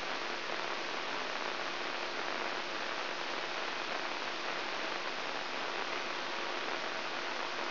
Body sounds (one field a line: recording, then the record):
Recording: brain microelectrode recording played as sound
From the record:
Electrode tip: inside the subthalamic nucleus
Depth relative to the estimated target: -1 mm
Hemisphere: left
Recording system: AlphaMap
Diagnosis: Parkinson's disease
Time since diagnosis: 19 years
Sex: female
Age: 64 years